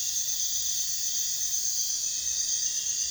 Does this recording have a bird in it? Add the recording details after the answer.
no. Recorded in pastures near Puerto Asís, Putumayo, Colombia, on 22 June 2025 at 02:00. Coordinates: 0.466, -76.322. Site GP07